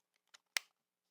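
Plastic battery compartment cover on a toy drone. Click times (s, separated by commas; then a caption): 0.6 s. A plastic battery compartment cover on a toy drone is closed after two AA batteries go into it. A faint tick at 0.35 s comes before a sharp, loud snap at 0.6 s as the cover clicks shut and seats.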